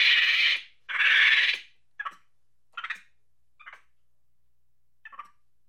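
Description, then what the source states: Monkey letting out two loud harsh rasping bursts, then a series of short, quieter, stuttering chirps spaced well apart. Angry chattering.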